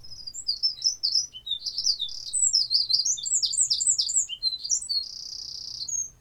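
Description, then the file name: Eurasian wren song: a loud, high, rapid torrent of varied notes and trills lasting about six seconds, ending in a fast buzzy rattle, with faint low hum behind. "Troglodytes troglodytes"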